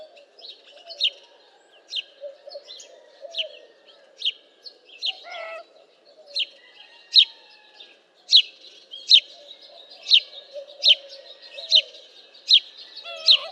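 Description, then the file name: House sparrow calls: a long series of emphatic single chirps, louder toward the end, with faint lower sounds behind. "Passer domesticus"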